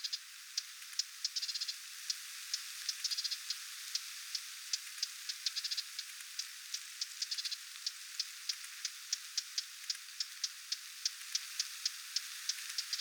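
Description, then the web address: Lesser whitethroat giving hard, dry ticking notes in a long, steady series. Adult female giving attention calls near its fledglings, 20 July 2026. "paivat 20 7 2026 hernekerttulintuemon huomioaantelya lentopoikastensa lahella"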